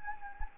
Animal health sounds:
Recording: mosquito wingbeat signal from an infrared sensor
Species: Anopheles gambiae

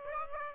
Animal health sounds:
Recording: mosquito wingbeat signal from an infrared sensor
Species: Aedes aegypti

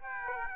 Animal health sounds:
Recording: mosquito wingbeat signal from an infrared sensor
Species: Aedes aegypti

